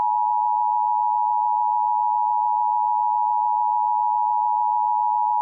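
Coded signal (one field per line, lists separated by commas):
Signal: Emergency Alert System (SAME) tones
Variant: 853 and 960 Hz attention tone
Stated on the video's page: Fictional EAS scenario with valid SAME headers, made with software including EAS Encoder.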